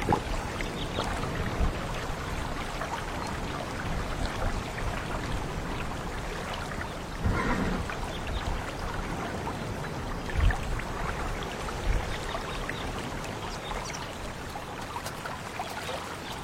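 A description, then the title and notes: Soft waves lap continuously at a lake's edge, a dense, even wash of splashes and trickles filling the whole clip. Brief fuller swells rise around seven seconds and again near ten and twelve. A low, steady rush of wind sits underneath. Go to the fairy lake in the fairyland on earth, blowing the soft wind, listening to the soft waves.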